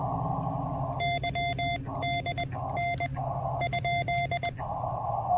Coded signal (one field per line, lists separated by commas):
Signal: Morse code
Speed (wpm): 21 wpm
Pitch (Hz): 2100 Hz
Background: none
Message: YDN ?